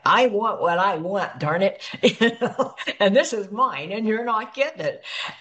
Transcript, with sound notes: I want what I want, darn it, (laughs) you know? And this is mine, and you're not getting it.